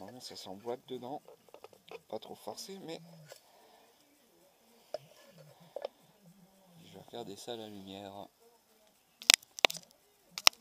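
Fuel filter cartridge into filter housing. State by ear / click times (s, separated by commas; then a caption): not seated / none. A diesel fuel filter cartridge is handled at its filter housing, where it will be pressed very hard until it goes in. Someone talks, with faint ticks near 5.0 and 5.8 seconds and sharp, loud ticks at 9.3, 9.7 and 10.5 seconds. The cartridge has not seated or clicked into place yet.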